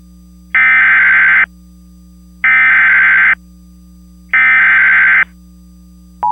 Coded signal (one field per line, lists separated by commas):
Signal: Emergency Alert System (SAME) tones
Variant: header bursts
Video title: EAS Mock | Severe Thunderstorm Warning (Illinois, #ChampaignsDestructiveTroubles)